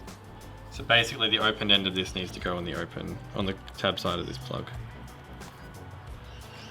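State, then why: Not seated. Someone talks while lining up the open end of a wiring plug's clip with the tab on a CBR500R motorcycle relay, with music in the background. The plug has not been pushed on yet, and nothing has seated or clicked in this clip.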